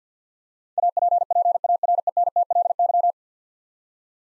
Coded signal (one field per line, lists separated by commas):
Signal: Morse code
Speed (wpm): 52 wpm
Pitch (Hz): 700 Hz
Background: none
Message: APPARENTLY